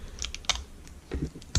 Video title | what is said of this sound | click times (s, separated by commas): RC CRAWLING UK - HPI Venture Battery Tray Mod | as you can see there you can get it to go over but it won't snap shot | none